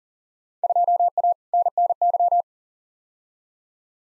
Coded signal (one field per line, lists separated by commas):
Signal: Morse code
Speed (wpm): 40 wpm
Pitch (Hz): 700 Hz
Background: none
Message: 2A NNY